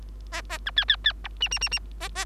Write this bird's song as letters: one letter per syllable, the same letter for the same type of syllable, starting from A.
A A B C C C D E E E E A A